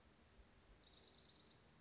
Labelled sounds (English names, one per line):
Orange-crowned Warbler